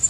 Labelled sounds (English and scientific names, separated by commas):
Prairie Warbler (Setophaga discolor) flight call